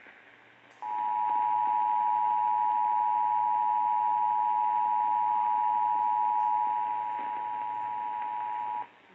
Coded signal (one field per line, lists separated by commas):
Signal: Emergency Alert System (SAME) tones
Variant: 853 and 960 Hz attention tone